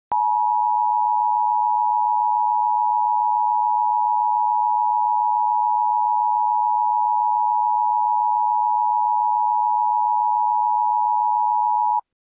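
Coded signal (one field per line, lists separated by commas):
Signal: Emergency Alert System (SAME) tones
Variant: 853 and 960 Hz attention tone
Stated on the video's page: Fictional EAS scenario, not a real alert.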